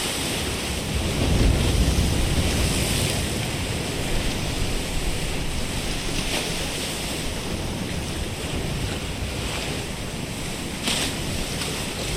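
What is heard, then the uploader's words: Waves wash in a continuous, dense rush of water, swelling louder around the second and third seconds before settling into a steady roar. A low rumble runs underneath, with brief bright hisses near six and eleven seconds, and wind buffets throughout. Waves and water soundscape, Music for Sleep.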